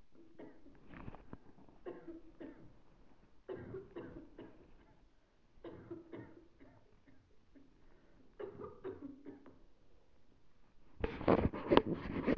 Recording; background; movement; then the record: deep breathing; a bystander coughing; sitting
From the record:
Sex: female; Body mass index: 36.4 kg/m2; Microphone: on the chest, facing the body